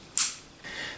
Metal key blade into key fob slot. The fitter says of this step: in, and wait till it clicks.